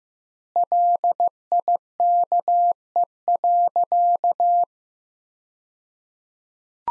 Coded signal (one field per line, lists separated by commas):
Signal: Morse code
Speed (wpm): 16 wpm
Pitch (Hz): 700 Hz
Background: none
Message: LIKE.